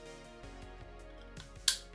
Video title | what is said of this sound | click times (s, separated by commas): Rutku BB-20 Assembly | should click | 1.7 s